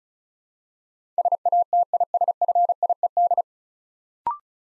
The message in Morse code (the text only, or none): SATISFIED